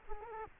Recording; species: mosquito wingbeat signal from an infrared sensor; Culex quinquefasciatus